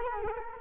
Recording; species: mosquito wingbeat signal from an infrared sensor; Culex quinquefasciatus